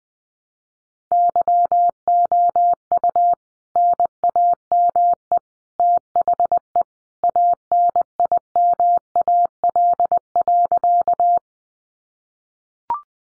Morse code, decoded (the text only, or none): YOU NAME THE ANIMAL.